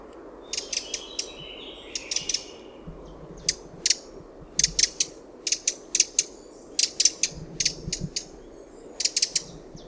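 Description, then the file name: Eurasian wren calls: sharp clicking tics in rapid bunches, some clusters longer and denser, with steady low background hiss. "Troglodytes troglodytes"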